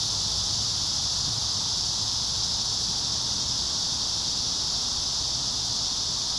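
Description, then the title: A dense cicada chorus, shrill and continuous, with no pauses and only soft low background noise. Several cicadas singing in a park. "neoscenes: cicadas in the park"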